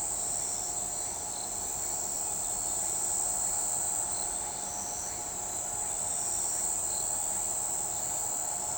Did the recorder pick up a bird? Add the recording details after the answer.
no. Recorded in shrubland near Pivijay, Magdalena, Colombia, on 15 April 2023 at 03:00. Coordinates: 10.453, -74.365. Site P5-G022